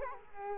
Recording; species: mosquito wingbeat signal from an infrared sensor; Culex quinquefasciatus